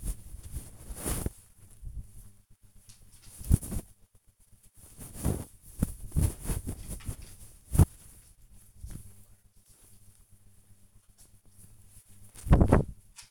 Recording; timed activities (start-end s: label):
household activities, microphone on the right wrist
0.00-13.31 s: folding laundry